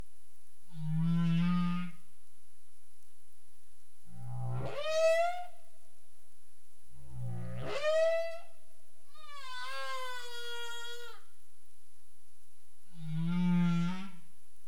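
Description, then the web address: Humpback whale vocal units: low buzzy moans, two grunts sweeping steeply upward into tonal whoops, a slowly falling tonal call, then another low moan. Caribbean; 27 April 2035 at 22:17 UTC. "CARIMAM. humpback whale 20350427 221731 UTC"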